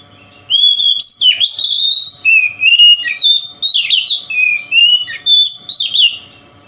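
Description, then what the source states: Oriental magpie-robin pouring out rich, slurred whistles rising and falling, broken by brief harsh notes, in a steady flowing song. Local name kacer; song described as konslet, said to provoke other magpie-robins.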